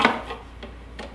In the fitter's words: now with this design all you have to do is just snap it in